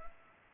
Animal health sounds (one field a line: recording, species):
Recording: mosquito wingbeat signal from an infrared sensor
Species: Culex pipiens